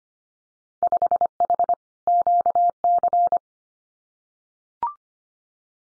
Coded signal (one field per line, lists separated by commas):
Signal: Morse code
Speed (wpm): 25 wpm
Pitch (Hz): 700 Hz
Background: none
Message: 5H QC